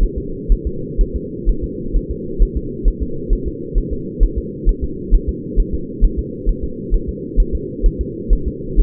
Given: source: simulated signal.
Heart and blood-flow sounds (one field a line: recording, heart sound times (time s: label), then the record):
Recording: fetal heart sounds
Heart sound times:
0.03 s: S1
0.18 s: S2
0.52 s: S1
0.67 s: S2
1.01 s: S1
1.16 s: S2
1.49 s: S1
1.64 s: S2
1.97 s: S1
2.11 s: S2
2.42 s: S1
2.57 s: S2
2.88 s: S1
3.03 s: S2
3.33 s: S1
3.48 s: S2
3.78 s: S1
3.93 s: S2
4.23 s: S1
4.38 s: S2
4.69 s: S1
4.84 s: S2
5.14 s: S1
5.29 s: S2
5.59 s: S1
5.74 s: S2
6.04 s: S1
6.19 s: S2
6.49 s: S1
6.64 s: S2
6.94 s: S1
7.09 s: S2
7.40 s: S1
7.55 s: S2
7.86 s: S1
8.01 s: S2
8.33 s: S1
8.48 s: S2
8.80 s: S1
From the record:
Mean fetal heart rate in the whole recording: 130 bpm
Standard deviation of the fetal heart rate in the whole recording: 4 bpm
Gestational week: 38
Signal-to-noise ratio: -4.3 dB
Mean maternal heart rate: 72 bpm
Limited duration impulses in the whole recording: present